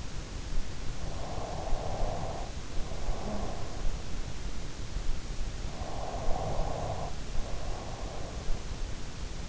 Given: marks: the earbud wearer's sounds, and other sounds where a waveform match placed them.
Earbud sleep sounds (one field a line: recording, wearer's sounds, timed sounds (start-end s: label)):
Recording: sounds in sleep by an in-ear microphone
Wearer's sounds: breath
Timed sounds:
0.82-4.18 s: breath
5.57-9.48 s: breath